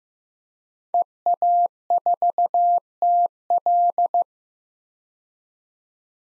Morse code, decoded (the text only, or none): EA4TL